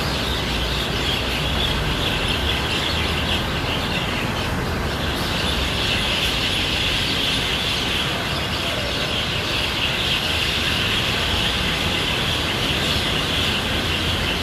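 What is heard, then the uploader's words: A steady city din in Bangkok, with a dense low rumble of traffic or a passing train filling the whole stretch at constant loudness. A bright hiss sits over the rumble, and faint bird chirps come through now and then. Sound in Bangkok.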